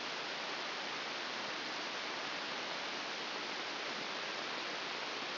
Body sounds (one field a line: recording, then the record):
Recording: brain microelectrode recording played as sound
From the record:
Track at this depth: inside the subthalamic nucleus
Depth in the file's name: 2.1 mm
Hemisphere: left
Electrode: 2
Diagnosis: Parkinson's disease